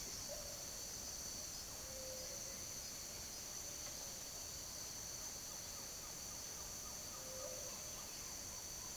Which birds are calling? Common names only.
Gray-fronted Dove, Green-backed Trogon